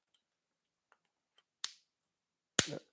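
A plastic armor piece that popped out of place is pressed back onto a Hot Toys Iron Man Mark V action figure. A few faint ticks and a sharper click at 1.6 s lead up to a loud snap at 2.6 s as the piece seats home. The armor piece is back in place.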